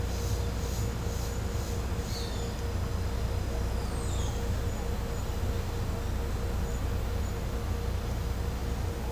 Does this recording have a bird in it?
no